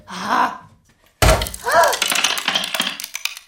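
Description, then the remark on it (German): A short vocal cry comes first, then a sudden loud crash as a new dish hits the floor, followed by a couple of seconds of sharp ceramic clattering and breaking pieces. “Oh, Scheiße. Vorsicht, ist doch neu.”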